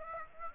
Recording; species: mosquito wingbeat signal from an infrared sensor; Aedes aegypti